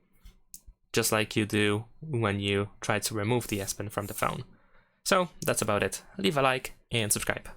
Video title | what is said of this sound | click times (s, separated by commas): Samsung Galaxy S26 Ultra: How to Use S Pen (Stylus) - Tips & Tricks | if you cannot put it back in, if it sticks out, just push it into until you hear a click, just | 0.5 s